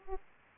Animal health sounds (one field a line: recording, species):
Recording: mosquito wingbeat signal from an infrared sensor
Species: Aedes aegypti